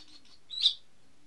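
Bird chirp, a single short high tweet with faint softer notes before it.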